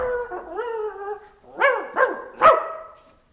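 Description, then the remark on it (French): A dog lets out a drawn, wavering whine, then gives three sharp, loud barks spaced about half a second apart, with no talking. “Allez, toi, le chien, tu restes là.”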